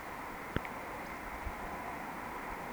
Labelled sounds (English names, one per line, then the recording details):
Eurasian Woodcock whistle
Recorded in Baden-Württemberg, Germany, on 17 June 2020 at 20:23 UTC
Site 14569, 102 m above sea level